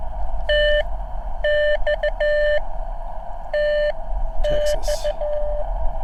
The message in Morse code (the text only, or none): TX TX